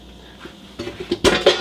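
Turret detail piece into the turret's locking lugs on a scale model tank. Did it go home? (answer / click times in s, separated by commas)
yes / 1.2 s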